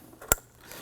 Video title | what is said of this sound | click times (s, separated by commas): How to Replace Tail Lights 2015-2020 Ford F-150 | You're going to hear and feel it click into position. | 0.3 s